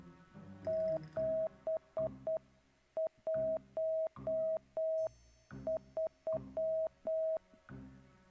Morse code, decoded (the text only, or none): 713